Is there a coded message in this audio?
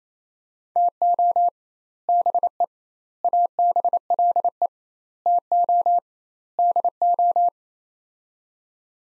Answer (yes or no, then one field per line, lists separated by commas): yes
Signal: Morse code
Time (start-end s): 0.8-7.5 s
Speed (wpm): 28 wpm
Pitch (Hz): 700 Hz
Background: none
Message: TO BE ABLE TO DO